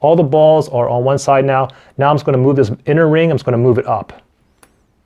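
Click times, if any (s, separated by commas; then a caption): 4.6 s. Someone talks while a fidget spinner's steel ball bearing is taken apart, with the balls pushed to one side and the inner ring moved up. After the talking stops, a single small click at 4.6 s marks the inner ring popping free of the outer ring, releasing it.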